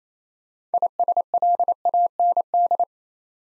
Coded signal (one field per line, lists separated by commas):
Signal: Morse code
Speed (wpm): 27 wpm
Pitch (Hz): 700 Hz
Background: none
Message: ISLAND